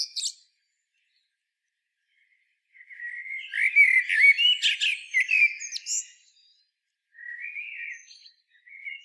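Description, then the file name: Common blackbird gives a rich, whistled phrase with a twittering high ending, then a softer, shorter warble at the end. "Turdus merula"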